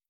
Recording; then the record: hydrophone in a shrimp aquaculture tank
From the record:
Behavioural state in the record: starved